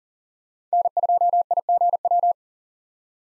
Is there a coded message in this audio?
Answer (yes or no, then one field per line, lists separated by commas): yes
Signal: Morse code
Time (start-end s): 0.7-2.3 s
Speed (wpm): 39 wpm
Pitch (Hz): 700 Hz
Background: none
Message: N2IGW